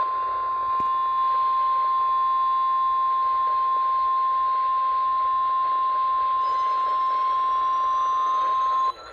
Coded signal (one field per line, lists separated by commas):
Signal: Emergency Alert System (SAME) tones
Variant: 1050 Hz attention tone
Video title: CRAZANITY III: TORNADO OUTBREAK... EAS Alerts from 7/29/21 (EAS #556-577)